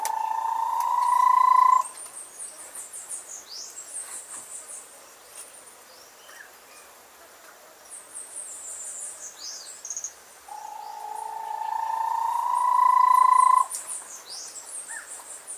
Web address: Bahia tapaculo. صدای-پرنده-تپلک-باهیا